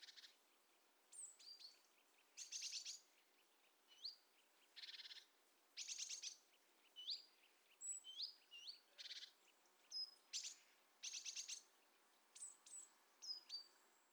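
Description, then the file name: Great tit giving short buzzy churring bursts at irregular intervals, mixed with thin tonal chirps and whistles over a soft hiss. "Parus major"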